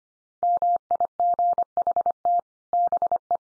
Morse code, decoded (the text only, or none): MIGHT BE